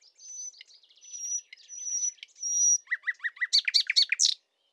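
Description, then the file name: Common nightingale song: long pure whistled notes repeated slowly, then a quick series of loud, liquid chirping notes. "Luscinia megarhynchos"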